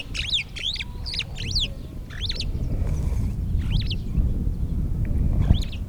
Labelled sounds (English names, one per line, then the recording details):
Superb Starling flight call
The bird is a female
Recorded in Kenya on 8 July 2008 at 10:40
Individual 71, of group MRCV